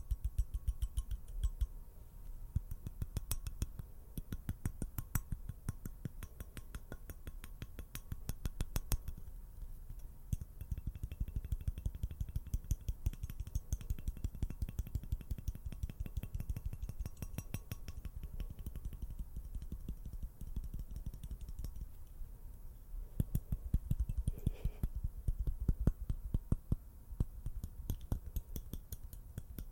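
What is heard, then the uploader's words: Fast, dense tapping clicks run almost continuously, with a brief faint tone near twenty-four seconds. ASMR FAST AND AGGRESSIVE TRIGGERS NO TALKING. TAPPING.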